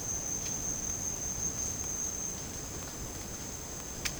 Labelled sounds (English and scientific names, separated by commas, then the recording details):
none
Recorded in dense forest near Puerto Asís, Putumayo, Colombia, on 30 June 2025 at 12:30
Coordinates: 0.486, -76.317
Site G065